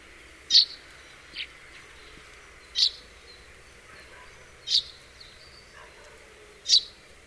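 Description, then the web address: House sparrow calls, four loud sharp single cheeps roughly every two seconds, with a softer note between the first two. "SETE Passer domesticus"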